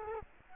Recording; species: mosquito wingbeat signal from an infrared sensor; Culex quinquefasciatus